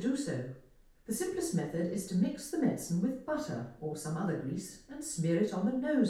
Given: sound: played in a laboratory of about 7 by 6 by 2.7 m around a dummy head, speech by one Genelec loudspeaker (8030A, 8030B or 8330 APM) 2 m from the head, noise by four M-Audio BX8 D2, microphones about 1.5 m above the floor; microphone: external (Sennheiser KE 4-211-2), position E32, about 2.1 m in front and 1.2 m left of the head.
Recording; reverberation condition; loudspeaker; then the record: female speech in English; medium; 120 degrees to the right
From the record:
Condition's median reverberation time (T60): about 510 ms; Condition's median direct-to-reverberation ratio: about -0.5 dB